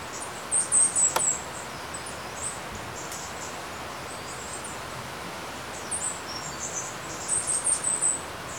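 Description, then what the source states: Bird chirps: short, very high twittering bursts near the start and end, separated by a long stretch of steady water noise. Recorded beside a river.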